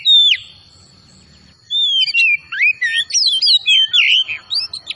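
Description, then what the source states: Oriental magpie-robin song: one loud falling whistle, a brief pause, then a rapid tumbling run of varied whistled notes rising and falling. Kacer Tretes bird, singing vigorously (gacor).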